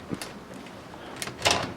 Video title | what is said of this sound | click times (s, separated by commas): [Cowcot TV] Computex 2014 : Phanteks | petit clic et on accède à un un emplacement pour du triple radiateur | 0.2 s, 1.2 s